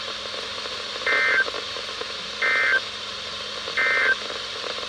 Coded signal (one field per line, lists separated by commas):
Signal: Emergency Alert System (SAME) tones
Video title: SVR on WXM74 (9/24/24) EAS 2652